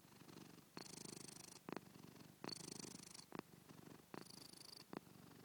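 Cat purring, a low throbbing rumble in rhythmic breaths, with stronger raspy phases returning about every 1.7 seconds and short quieter gaps between them.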